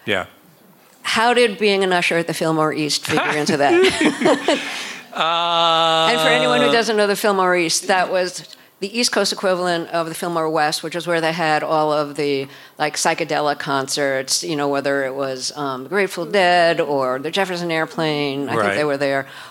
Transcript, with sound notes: Yeah.
How did being an usher at the Fillmore East figure into that (laughter)? And for anyone who doesn't know the Fillmore East, that was the East Coast equivalent of the Fillmore West, which is where they had all of the, like, psychedelic concerts, you know, whether it was the Grateful Dead or the Jefferson Airplane.
Right.
I think they were there.